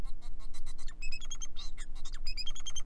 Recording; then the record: song of a male Bengalese finch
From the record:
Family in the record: son of father 4